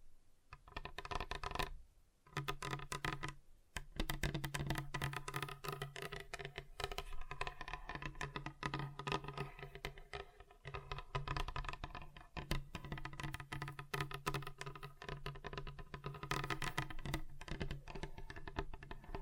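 Fingers tap and drum rapidly on a table, producing a dense, nearly continuous stream of sharp clicks and knocks with a low thud underneath. The tapping runs almost without pause, breaking off briefly around two and three and a half seconds before resuming.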